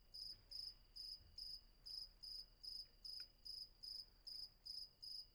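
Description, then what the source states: Cricket with evenly spaced high pulsed chirps about twice a second over a faint continuous high tone. Night ambience with crickets at Vagia, Patmos, Greece; recorded with a Fostex FR-2 and an MKH800 microphone.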